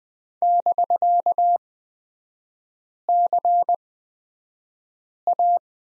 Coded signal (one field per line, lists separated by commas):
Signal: Morse code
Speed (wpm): 20 wpm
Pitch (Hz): 700 Hz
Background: none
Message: <BK>CA